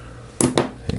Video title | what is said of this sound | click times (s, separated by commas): Install Oil Pump Evo Motor Assembly Part 4 | get that snap ring in place I just heard it snap and | 0.4 s